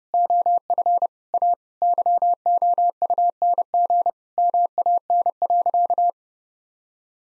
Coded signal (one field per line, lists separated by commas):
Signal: Morse code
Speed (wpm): 32 wpm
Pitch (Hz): 700 Hz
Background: none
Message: OF A YOUNG MAN.